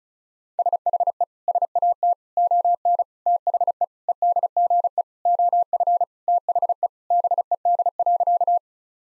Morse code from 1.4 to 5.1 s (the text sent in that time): SAT ON THE EDGE